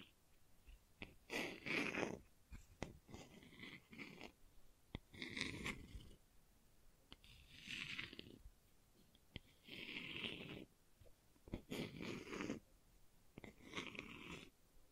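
Gentle scratching comes in bursts of about a second, with roughly six or seven across the clip and short pauses between them. Each burst is a soft, rough rasp with a hissy top, and sharp little clicks fall in the quiet gaps.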